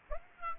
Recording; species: mosquito wingbeat signal from an infrared sensor; Aedes aegypti